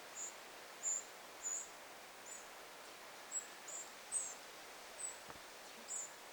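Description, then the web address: Eurasian wren fledglings' begging calls: about ten very high, short notes at uneven intervals over faint hiss. Recorded 9 August 2026; wren fledglings begging. "paivat 9 8 2026 peukaloisen lentopoikaset kerjaavat"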